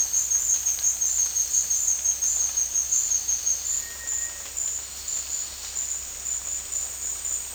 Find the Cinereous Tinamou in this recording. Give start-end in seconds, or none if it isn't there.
3.79-4.51